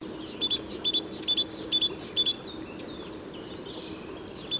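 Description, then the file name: Great tit calls, a rapid series of high, sharp double notes, then a pause before another note near the end. "Parus major"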